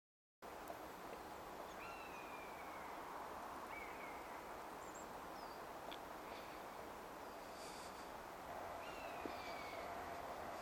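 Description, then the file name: European honey buzzard giving thin, high whistled calls that slur downward, three spaced calls over ten seconds against a steady broad hiss of background noise. Second juvenile, duetting with an adult common buzzard, Hexham, 31 August 2010. "honey-buzzard hexham w 31 aug 2010 2 nd juv duet cbuzz ad"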